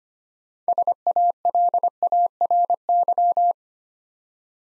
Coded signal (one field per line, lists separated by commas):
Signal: Morse code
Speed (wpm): 25 wpm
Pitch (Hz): 700 Hz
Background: none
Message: SALARY